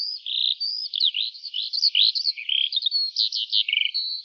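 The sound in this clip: Lark song, a brisk continuous flow of high chirps, buzzy rattles and short trills, varying rapidly from note to note.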